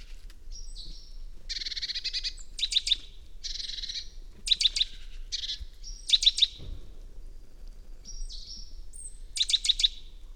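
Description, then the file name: Great tit calling, alternating harsh buzzy churring bursts with rapid runs of three or four sharp metallic notes, several times over ten seconds. "Parus major"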